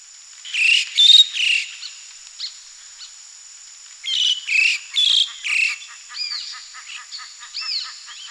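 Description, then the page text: Moluccan starlings give a chatter of squeaky, rising whistles and harsh notes in two bursts, followed by softer upslurred calls, over a steady high-pitched hiss. "Moluccan Starlings Calls. Quick Sounds"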